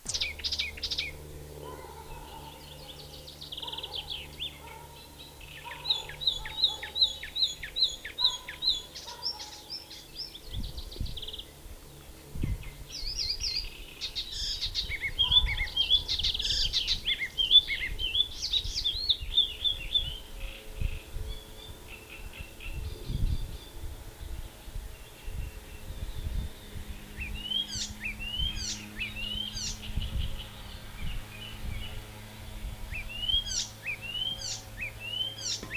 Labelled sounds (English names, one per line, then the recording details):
Icterine Warbler song
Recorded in the wild
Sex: male
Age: adult
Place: Großgründlach, Bayern, DE
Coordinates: 49.5306, 11.0017
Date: 1963-05-20
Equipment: Nagra, AKG D19/200, Original, Vollspur
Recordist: Tretzel, Erwin